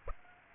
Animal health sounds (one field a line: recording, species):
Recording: mosquito wingbeat signal from an infrared sensor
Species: Aedes aegypti